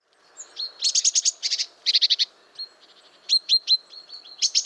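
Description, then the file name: Great tit calls: short bursts of fast, harsh chattering notes, then a run of thin high notes and sharp downslurred chips, with faint low background hiss. "Parus major"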